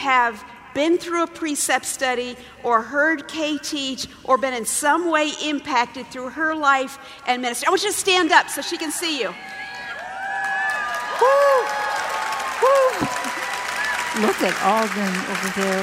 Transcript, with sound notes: have been through a Precept study or heard Kay teach or have been in some way impacted through her life and ministry? I want you to stand up so she can see you. (cheers)
Whoo! Look at all them over there!